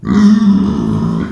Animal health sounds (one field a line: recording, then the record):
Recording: squeal of a Yucatan mini pig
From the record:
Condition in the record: after surgery on the right vocal fold (resection and tissue-engineered implant)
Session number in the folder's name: 13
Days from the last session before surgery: 113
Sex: female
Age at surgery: 19 weeks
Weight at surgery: 25 kg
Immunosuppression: prednisolone